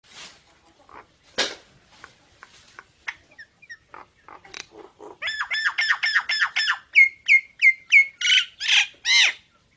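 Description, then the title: Nias hill myna song: soft clicks and chips build into a fast, loud series of ringing whistled notes repeated about three times a second. Nias hill myna described as singing often and very loudly, in a training recording made for songbirds to learn from. "Burung Jalak Nias Gacor Suara Super Gledek Untuk Masteran"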